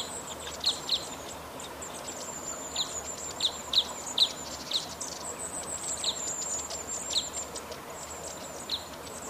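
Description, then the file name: Crossbill calls, single or paired sharp notes spaced irregularly, with a faint high whistle behind. "isuka"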